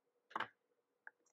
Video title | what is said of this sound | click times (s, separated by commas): Play Doh Ariel's Underwater Castle | they pop into place like that. Oh, and they snapped. | 0.4 s